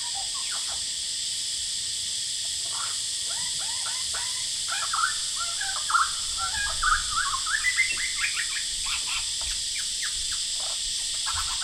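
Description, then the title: Lyrebird song: rapid, varied phrases of whistles, clicks and swooping notes building in intensity midway, over a constant high droning chorus of cicadas. Male, Horsfield Bay, New South Wales, Australia, 23 January 2017, singing vigorously outside a window by day; cicadas calling loudly. "Lyrebird - Horsfield Bay NSW, Jan 23 2017"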